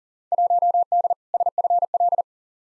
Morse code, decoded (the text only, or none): 1D SFL